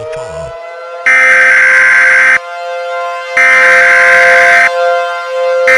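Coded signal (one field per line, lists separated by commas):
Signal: Emergency Alert System (SAME) tones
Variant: header bursts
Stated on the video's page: Fictional doomsday EAS scenario with valid tones and synthesized narration.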